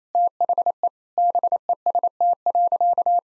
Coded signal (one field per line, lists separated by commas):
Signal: Morse code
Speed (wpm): 28 wpm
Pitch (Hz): 700 Hz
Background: none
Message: THE BEST.